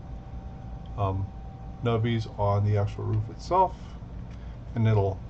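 Someone talks over a steady low hum while handling the plastic roof of a model train car, which is meant to press onto the car body so its recesses engage the nubs on the roof and snap into place, holding relatively well. Nothing has seated or clicked yet; no snap is heard in the clip.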